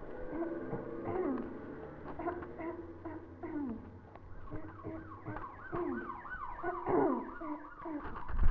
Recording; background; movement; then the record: throat clearing; traffic; sitting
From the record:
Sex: female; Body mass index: 18.8 kg/m2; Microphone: on the chest, facing the body